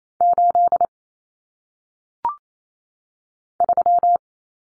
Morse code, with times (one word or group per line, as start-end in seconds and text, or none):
0.2-0.9 8
3.6-4.2 3